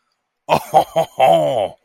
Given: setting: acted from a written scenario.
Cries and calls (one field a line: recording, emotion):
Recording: vocal sound without words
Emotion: desire